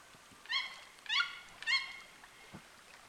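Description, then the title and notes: Toucan giving three rough, ringing yelps in quick succession, followed by a faint click and soft background hiss. Amazon rainforest, flooded forest of Petit Saut lake, recorded from a canoe approaching a bank where birds sing, sunny late afternoon, far from city noise. "Le chant des toucans. la forêt amazonienne. la forêt inondée du lac de petit saut. une berge où des oiseaux chantent, par cette fin d’après-midi ensoleillée"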